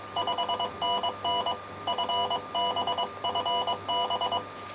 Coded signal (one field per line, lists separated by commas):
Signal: Morse code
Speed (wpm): 22 wpm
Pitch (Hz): 2950 Hz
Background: none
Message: 5NN FB FB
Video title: 29 Setiembre algo de radio RADIOAFICION EN URUGUAY CX1SI GEO